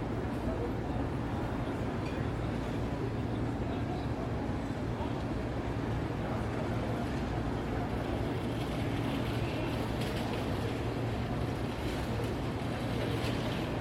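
Midtown New York City traffic at night heard through an open window: a steady, dense low rumble of vehicles that never lets up. Around the ten-second mark, brighter hissing and clattering passes rise briefly over the drone.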